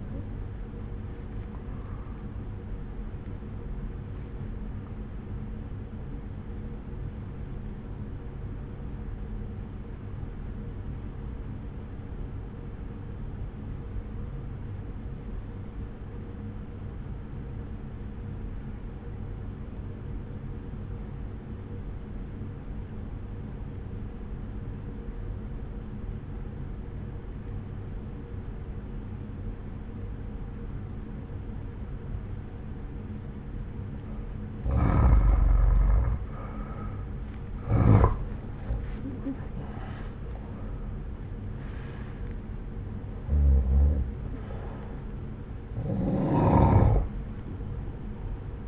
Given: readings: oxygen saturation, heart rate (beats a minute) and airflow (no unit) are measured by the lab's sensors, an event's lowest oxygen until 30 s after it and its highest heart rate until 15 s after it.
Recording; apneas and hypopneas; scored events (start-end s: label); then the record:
breathing in sleep by a smartphone at the bedside; 1
5.00-35.90 s: obstructive apnea (N1, oxygen 95% highest, then 87% lowest)
18.00-48.68 s: new sleep stage, N2 (light sleep)
From the record:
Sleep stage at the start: N1 (lightest sleep); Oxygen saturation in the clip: 87 to 95%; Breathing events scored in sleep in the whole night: 303 in 8.1 hours asleep